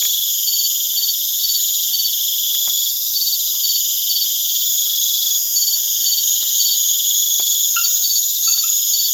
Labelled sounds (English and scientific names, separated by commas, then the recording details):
none
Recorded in pastures near Puerto Asís, Putumayo, Colombia, on 27 June 2025 at 19:30
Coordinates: 0.502, -76.324
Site G010